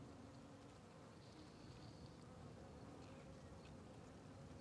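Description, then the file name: Fly: flies give a continuous low buzzing drone, with faint higher sounds scattered in the background. Flies circling a tree on the Sertão Zen trail; natural ambience recording. "Ambiencia na Trilha do Sertao Zen com Moscas Circudando Arvore"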